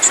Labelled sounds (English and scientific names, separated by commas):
Golden-winged Warbler (Vermivora chrysoptera) flight call